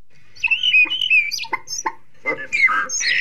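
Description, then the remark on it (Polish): A starling sings a varied, jumbled song, mixing whistles, sharp clicks and raspy chatter that imitate other bird species, including elements of blackbird song and a fragment of ducks' wing flutter, shifting quickly between high tones and buzzy notes. “Tutaj słychać różne imitacje głosów innych gatunków. Na przykład mazurka błokwiczoła, trochę elementów śpiewu kosa.”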